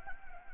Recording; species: mosquito wingbeat signal from an infrared sensor; Anopheles gambiae